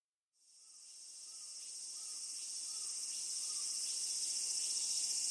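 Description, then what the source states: Cicada song: a shrill, very high continuous buzz fading in from silence and steadily swelling. Cicadas from Japan; song described as very different from French cicadas, electronic-sounding, somewhat like a smoke alarm.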